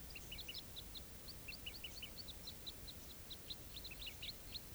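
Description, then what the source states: Crossbill flight calls, a continuous chatter of short clipped chip notes from multiple birds, with low background noise throughout. Quite a few wild crossbills flying over and moving from one grove to another without stopping.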